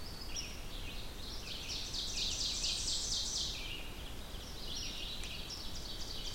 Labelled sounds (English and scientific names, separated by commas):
Ovenbird (Seiurus aurocapilla) song